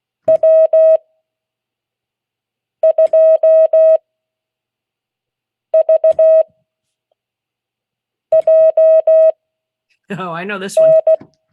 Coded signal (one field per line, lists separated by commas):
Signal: Morse code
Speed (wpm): 16 wpm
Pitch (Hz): 640 Hz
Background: speech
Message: W2VJN